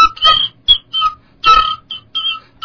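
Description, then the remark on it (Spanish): An Ecuadorian whistle, once connected to a larger body, is blown loudly in about six short, uneven blasts, each a shrill, breathy, slightly rough tone with a lower buzzing edge, separated by brief pauses. No one speaks. “Este es un silbato que fue conectado a un cuerpo más grande y se pudo construir.”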